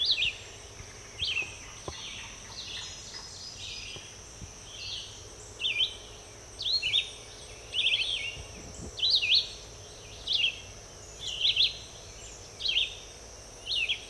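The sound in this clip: Red-eyed vireo sings more than a dozen short, varied whistled phrases spaced roughly a second apart, with a steady high hiss.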